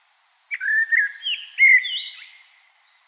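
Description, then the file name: Common blackbird singing one phrase: low mellow fluted warble sliding up and down, then thinner squeaky high notes trailing off. "Turdus merula"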